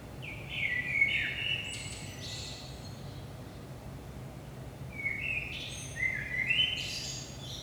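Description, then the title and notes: Common blackbird song, a pair of melodious whistled phrases a few seconds apart, each closing with a brief high chattering twitter; faint steady hum behind. Recorded at 5 am, early morning, in Saint-Gilles, Belgium, with a DPA 4060 pair in AB position into a Zoom F3. "Saint-Gilles, Belgique - 5am Blackbird. Blackbird in the morning. Merle au petit matin"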